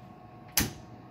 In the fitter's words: we'll close the latch until it clicks and